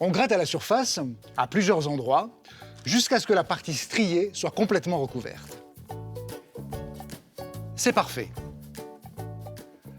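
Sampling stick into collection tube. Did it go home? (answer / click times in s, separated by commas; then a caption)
no / none. Someone talks over background music while a plastic sampling stick is handled after sampling and lined up with a plastic test tube, just before it is pushed in and closed. A few faint taps and knocks are heard around 5.9–7.1 s. The stick has not yet been pushed into the tube, and nothing has clicked shut yet.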